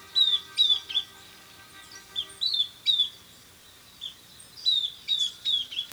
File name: Camptostoma obsoletum - Southern Beardless Tyrannulet